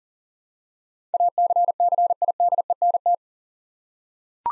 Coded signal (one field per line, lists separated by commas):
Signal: Morse code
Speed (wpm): 40 wpm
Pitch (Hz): 700 Hz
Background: none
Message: ACCIDENT